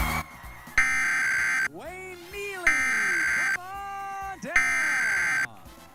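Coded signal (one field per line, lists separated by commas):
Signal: Emergency Alert System (SAME) tones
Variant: header bursts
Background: speech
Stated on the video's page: Required Monthly Test of the Emergency Alert System as received on Salt Lake City television stations.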